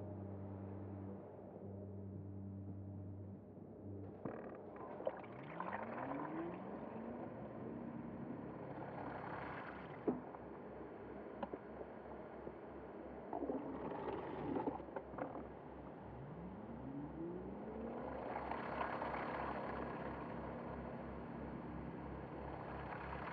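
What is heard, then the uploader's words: A slowed-down dishwasher recording becomes a swirling drone with steady low tones and a pulsing hum underneath. Rising, sweeping tones curve upward around 5 and 16 seconds, while washes of brighter hiss swell and fade repeatedly, with occasional sharp clicks near 10 seconds. Theraphonia - Bosch Majestic Binaural [C65.4Hz δ 3Hz 120m]. This is a two hour binaural at 3 Hz on a carrier of 65.4 Hz (in the key of C). It's based off a field recording of the full duty cycle of a Bosch Dishwasher, slowed down and resonated into a swirling, evolving drone.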